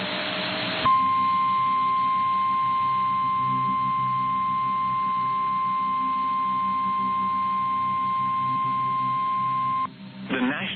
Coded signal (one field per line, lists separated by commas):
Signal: Emergency Alert System (SAME) tones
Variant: 1050 Hz attention tone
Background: speech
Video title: 4 Scariest Emergency Broadcasts & EAS Alerts (Vol. 3)